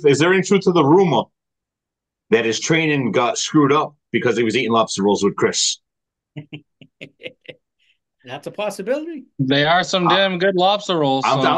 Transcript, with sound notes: Is there any truth to the rumor that his training got screwed up because he was eating lobster rolls with Chris? (laughing) - That's a possibility. - They are some damn good lobster rolls.